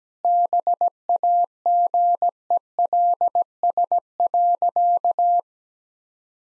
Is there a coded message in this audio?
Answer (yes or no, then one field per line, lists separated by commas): yes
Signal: Morse code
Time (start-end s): 0.2-5.4 s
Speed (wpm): 17 wpm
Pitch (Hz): 700 Hz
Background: none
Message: BAGELS.